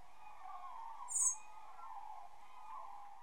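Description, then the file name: Common blackbird giving a single short, very high, thin seee note about a third of the way through, over a steady low droning background. "Turdus merula"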